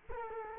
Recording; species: mosquito wingbeat signal from an infrared sensor; Culex quinquefasciatus